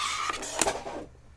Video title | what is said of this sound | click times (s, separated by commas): Node Wrist Rest Review | oh there you go nice um there is a very satisfying loud click on that on the magnets | 0.6 s